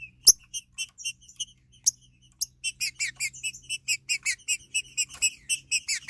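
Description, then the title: Green-winged saltator song: scattered notes at first, then a quick, even run of repeated bright chirps, with a couple of sharp clicks. "Trinca Ferro"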